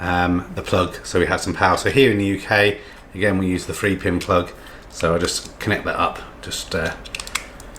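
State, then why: Seated. Someone talks while fitting an interchangeable UK three-pin plug head onto the power adapter of a Tado Smart AC Controller, swivelling it in to lock it into place. A sharp click at 7.4 s, followed by a few fainter taps, marks the plug head seating and locking.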